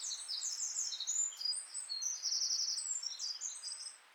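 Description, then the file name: Eurasian wren song, a high, rapid run of thin notes and short trills, fainter and over a steady background hiss throughout. "Troglodytes troglodytes"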